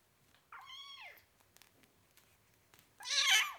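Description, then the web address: Cat: kitten meowing: two high, plaintive meows, the first arched and falling, the second harsher and more strained, with faint clicks between. Four-week-old kitten, meowing. "The BBC Sound Effects Library - Complete 60 CDs Collection. Four Week Old Kitten, Meowing"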